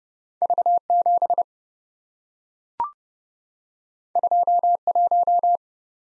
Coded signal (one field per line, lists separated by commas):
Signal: Morse code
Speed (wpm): 30 wpm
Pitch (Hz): 700 Hz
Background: none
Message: V7 21